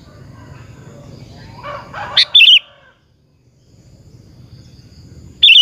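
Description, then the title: Sooty-headed bulbul delivers a short lively warbled phrase, then begins another three seconds later, with faint other calls before it. "Kutilang"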